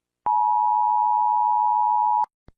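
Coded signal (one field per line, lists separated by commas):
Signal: Emergency Alert System (SAME) tones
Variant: 853 and 960 Hz attention tone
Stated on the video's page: Compilation of EAS alarms from every country.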